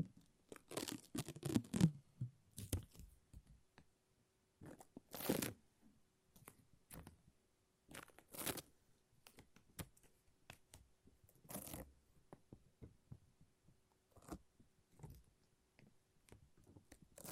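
Sticky peeling and tearing sounds from a lint roller and tape, coming in short crackly bursts separated by silences. Louder rips stand out around 5, 8.5 and 11.5 seconds, with softer ticking and rustling between them.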